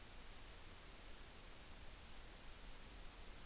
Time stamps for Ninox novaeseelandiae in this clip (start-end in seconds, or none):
none